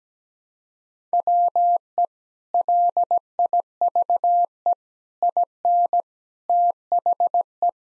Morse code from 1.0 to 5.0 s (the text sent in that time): WE LIVE